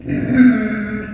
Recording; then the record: squeal of a Yucatan mini pig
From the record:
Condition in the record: after surgery on the right vocal fold (resection and tissue-engineered implant); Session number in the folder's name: 3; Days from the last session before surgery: 21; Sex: female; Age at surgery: 19 weeks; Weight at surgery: 25 kg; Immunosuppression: prednisolone